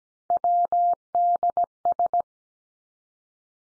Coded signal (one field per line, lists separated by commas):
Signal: Morse code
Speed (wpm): 17 wpm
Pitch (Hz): 700 Hz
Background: none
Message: WDS